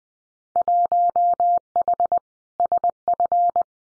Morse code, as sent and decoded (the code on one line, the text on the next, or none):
.---- .... / ... ..-.
1H SF